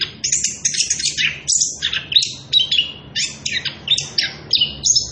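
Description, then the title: Orange-headed thrush giving a rapid, high-pitched string of twittering whistles and buzzy notes in short bursts. Energetic continuous singing (ngerol) at high volume, used as a lure and training recording for young birds (trotolan). "Anis Kembang Gacor. pancingan anis kembang ngerol edan volume dasyattt cocok buat masteran trotolan"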